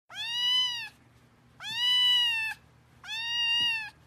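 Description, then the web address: Cat meowing, three drawn-out meows each just under a second long, with short pauses between. "Kucing"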